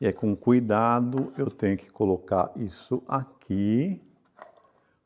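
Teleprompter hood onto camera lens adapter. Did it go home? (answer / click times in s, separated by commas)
yes / 4.4 s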